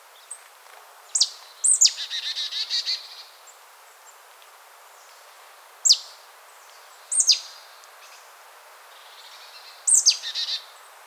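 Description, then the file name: Marsh tit calls: sharp, high notes dropping steeply in pitch, one followed by a buzzy run of several rapid notes, then further short groups of notes spaced one to three seconds apart. "Poecile palustris"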